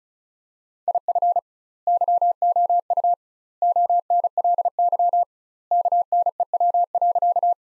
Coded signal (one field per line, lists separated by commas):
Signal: Morse code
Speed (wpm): 34 wpm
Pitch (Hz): 700 Hz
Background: none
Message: IF YOU ONLY KNEW.